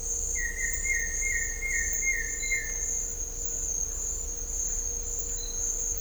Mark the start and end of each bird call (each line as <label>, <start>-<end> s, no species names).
bird call, 0.33-2.71 s